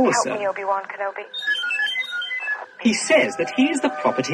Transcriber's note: beeping and whistling